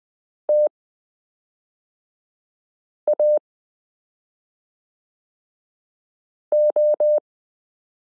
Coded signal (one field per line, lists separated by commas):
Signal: Morse code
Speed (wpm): 20 wpm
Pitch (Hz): 600 Hz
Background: none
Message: TAO